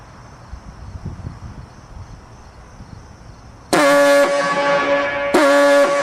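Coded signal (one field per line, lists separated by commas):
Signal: coded fire alarm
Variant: Gamewell diaphone horn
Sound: quiet hiss, then a loud, deep, buzzing diaphone horn blast, a short break, another blast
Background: outdoor ambience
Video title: Siren signal "FIRE" (USA 🇺🇸) | Gamewell Diaphone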